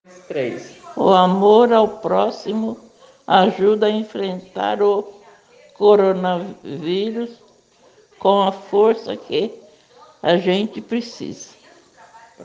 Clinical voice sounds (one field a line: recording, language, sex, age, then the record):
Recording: spoken sentence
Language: Brazilian Portuguese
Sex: female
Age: 60 to 69 years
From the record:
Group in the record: respiratory insufficiency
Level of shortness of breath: 5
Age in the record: 68 years